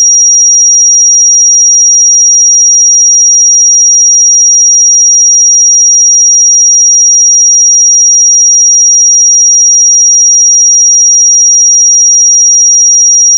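A pure sine tone at 5705 Hz holds completely steady for the full thirteen seconds, thin, piercing and high-pitched. The level never wavers, and there is nothing else underneath it, only the single unbroken whistle until a brief click at the very end.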